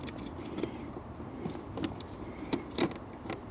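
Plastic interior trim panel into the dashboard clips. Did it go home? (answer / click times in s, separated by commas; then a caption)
no / none. A plastic interior trim panel is handled against its dashboard clips in a 2024 Toyota Tacoma during a Shiftpower throttle response controller install. Soft rustling and a few short plastic taps and knocks are heard. Nothing has seated or clicked into place yet.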